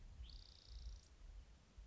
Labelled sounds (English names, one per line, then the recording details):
Spotted Towhee
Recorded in Sonoma County, California